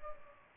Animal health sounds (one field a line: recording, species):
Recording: mosquito wingbeat signal from an infrared sensor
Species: Culex pipiens